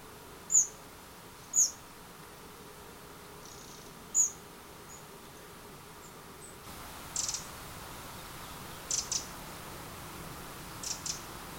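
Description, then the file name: Eurasian wren calls: a few sharp, very high ticks spaced apart, then softer paired ticks over faint hiss. "Troglodytes troglodytes"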